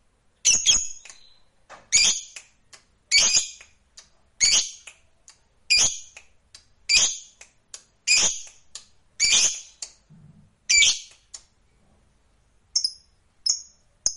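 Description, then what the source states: Lovebird repeating loud, harsh shrieks at a steady pace, ending with a few thin high squeaks. Fighter-type lovebird singing energetically (gacor).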